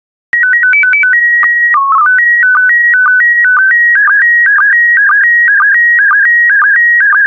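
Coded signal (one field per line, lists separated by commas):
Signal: SSTV (slow-scan television)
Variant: PD 120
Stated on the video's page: SSTV images of tropical plants sent in PD120 mode, daily decoding practice.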